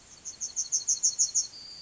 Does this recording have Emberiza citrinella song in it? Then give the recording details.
yes. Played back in grassland. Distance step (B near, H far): C. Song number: 037